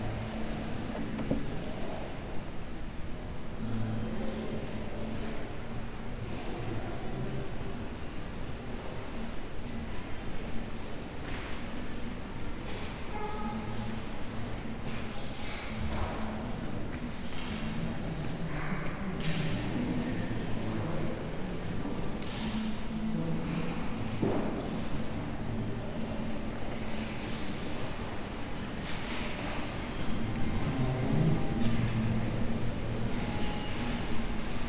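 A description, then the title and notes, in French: A sound walk through Cadaquès: a steady low engine-like rumble with scattered clatters and knocks, faint voices, growing slightly louder near the end. Balade à Cadaquès. Juste une ballade sonore à cadaquès.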